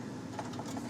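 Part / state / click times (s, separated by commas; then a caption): motherboard I/O shield into PC case rear opening / not seated / none. A metal rear I/O shield for a motherboard is handled at the rear opening of a PC case as it is pressed into place from the inside, pointing out. Faint handling and scraping noises are heard with a brief tap around 0.4 seconds, but nothing has seated or clicked yet.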